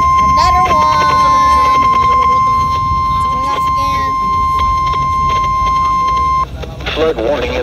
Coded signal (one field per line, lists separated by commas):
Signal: Emergency Alert System (SAME) tones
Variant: 1050 Hz attention tone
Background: speech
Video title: Areal Flood Warning EAS #105